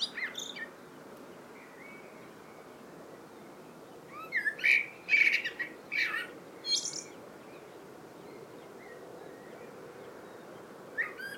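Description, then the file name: Common blackbird song, fairly soft: one phrase of short fluty whistles and high thin squeaks in the middle, with a brief note near the start and end. "Turdus merula"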